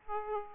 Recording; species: mosquito wingbeat signal from an infrared sensor; Aedes aegypti